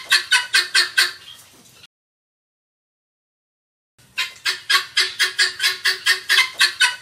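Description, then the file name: Helmeted guineafowl uttering fast, grating notes in two bursts, the second longer and steady, with a gap of about two seconds between them. Calling the flock together. "Tieng ga sao keu goi bay"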